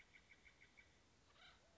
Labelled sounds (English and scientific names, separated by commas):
Acorn Woodpecker (Melanerpes formicivorus)